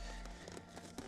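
A plastic interior trim cover near the SRS airbag area of a BMW E92 is pressed by hand into its mount on the car body panel. Against a steady background hum, two short clicks sound at 0.6 s and 1.0 s, the second sharper and louder. The cover pops into place and is seated.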